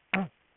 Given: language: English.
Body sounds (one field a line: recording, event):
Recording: throat vibration sensor signal played as sound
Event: throat clearing